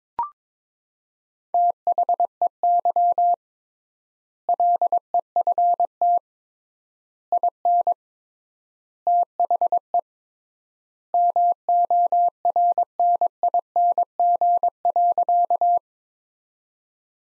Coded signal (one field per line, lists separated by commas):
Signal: Morse code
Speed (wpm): 21 wpm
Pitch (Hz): 700 Hz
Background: none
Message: THEY LEFT IN THE MORNING.